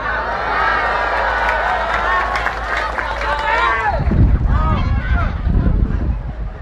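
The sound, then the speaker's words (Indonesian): An audience at a religious talk cheers and claps, many overlapping voices shouting at once in a loud, steady roar that turns rougher and heavier partway through. “Ditangkap kok malah tepuk tangan.”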